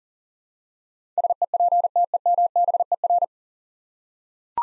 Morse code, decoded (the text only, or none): SEPTEMBER